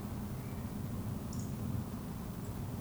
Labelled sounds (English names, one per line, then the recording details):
Eurasian Woodcock whistle
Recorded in Baden-Württemberg, Germany, on 24 June 2020 at 20:14 UTC
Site 14569, 102 m above sea level